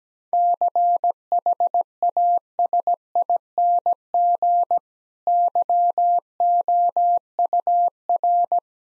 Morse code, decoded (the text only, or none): CHASING YOUR